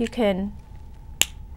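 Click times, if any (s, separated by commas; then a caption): 1.2 s. A demonstration implant-retained denture is pressed onto the snap attachments on top of the dental implants, fastening like a button snap. Someone talks at the start, and then a single sharp, bright click is heard at 1.2 s as the denture snaps into place and seats.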